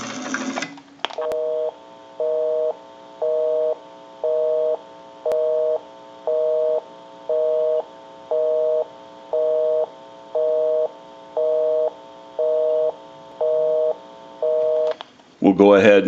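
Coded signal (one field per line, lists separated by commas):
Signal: telephone call progress tone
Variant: North America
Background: speech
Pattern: busy tone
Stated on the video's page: A JYDSK wood wall crank telephone during its initial checkout, repair and conversion.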